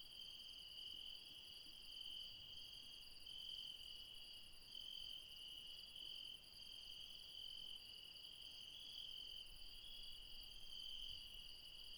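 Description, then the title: Insect chorus of several steady shrill tones, one upper band coming and going over the continuous drone. Late night in the mountains at Refuge Krevatia, Barbala (Μπαρμπαλά), Dion, Greece. "Refuge Krevatia, Μπαρμπαλά, Dion 601 00, Greece - Late night mountain insects"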